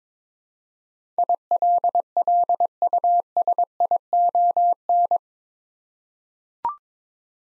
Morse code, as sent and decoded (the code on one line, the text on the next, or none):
.. .-.. .-.. ..- ... .. --- -.
ILLUSION